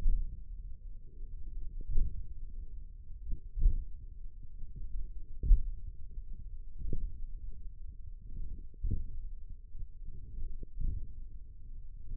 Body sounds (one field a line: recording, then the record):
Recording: forearm muscle sounds (acoustic myography)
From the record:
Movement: index flexion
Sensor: system 1, eight BSWA MPA416 microphones around the upper forearm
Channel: 3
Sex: male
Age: 28 years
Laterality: right